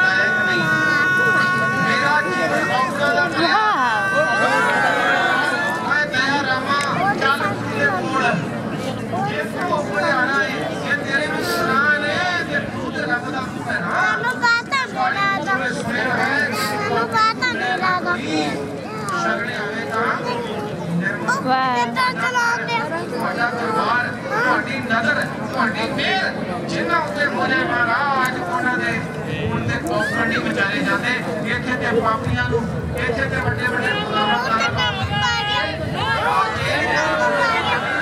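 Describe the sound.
Crowd sounds from Vaisakhi celebrations in Gravesend: many voices talk over one another in a dense, steady babble for the whole stretch. Individual speakers rise out of the mix now and then, and faint vehicle noise hums underneath.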